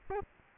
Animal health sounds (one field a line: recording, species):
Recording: mosquito wingbeat signal from an infrared sensor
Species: Aedes albopictus